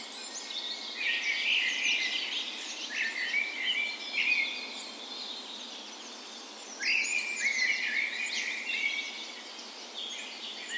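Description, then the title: Dawn chorus of birds, lively warbled phrases in two main bursts separated by a quieter gap, other singers twittering underneath. Dawn chorus in a park west in Bergen, Norway, on the morning of 17 May, Norway's National Day, spring; recorded with a Sony PCM A10 and LOM micro Usi mics as tree ears. "17th Of May Dawn Chorus"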